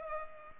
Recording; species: mosquito wingbeat signal from an infrared sensor; Culex pipiens